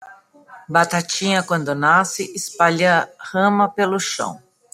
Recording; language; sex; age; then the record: short text; Brazilian Portuguese; female; 50 to 59 years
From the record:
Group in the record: control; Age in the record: 58 years